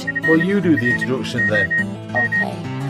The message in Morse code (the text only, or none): FROM